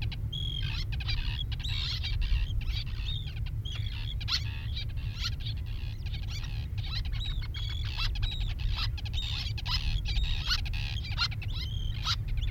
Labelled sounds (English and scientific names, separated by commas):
Little Tern (Sternula albifrons) call